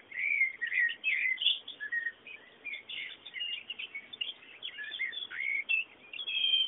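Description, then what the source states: Birds twittering almost nonstop, overlapping high chirps and short whistled notes in quick irregular bursts, with low background hiss. Bird sounds used as background ambience.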